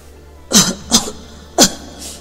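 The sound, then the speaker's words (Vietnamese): Three short, weak coughs come in an uneven rhythm, each a brief breathy burst, followed by a faint exhaled breath, with no talking. “Không rõ là Nhạc Dương đang ho hay đang cười, chỉ nghe anh chàng yếu ớt cất tiếng.”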